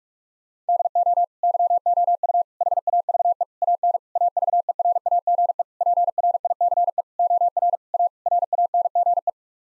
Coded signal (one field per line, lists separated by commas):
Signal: Morse code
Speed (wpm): 42 wpm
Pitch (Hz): 700 Hz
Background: none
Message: DO YOU HAVE AN AVERAGE PRICE OR A RANGE